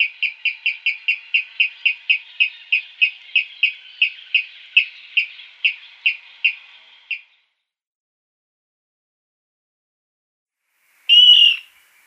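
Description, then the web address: Water Rail display call: a long series of sharp, high, rhythmic ticking notes, gradually slowing over about seven seconds, then silence and one short squealing note. "Schulze Peter Water Rail display"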